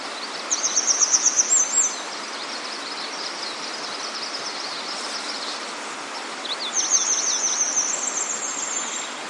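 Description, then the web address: Grey wagtail gives fast series of thin, high, sharp call notes at the start and end, separated by softer chirping and background hiss. "gray wagtail wagtail call"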